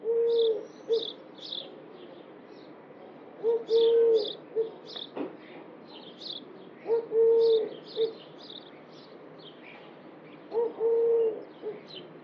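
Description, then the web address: Bird giving low, soft hooting coos in short bursts, repeated about every three and a half seconds, with fainter high chirps from other birds in between. "Deverinetal. Bird Only"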